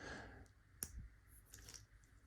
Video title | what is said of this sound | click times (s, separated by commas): Singer Foot Control Not Working | saw the piece and heard it pop | 0.8 s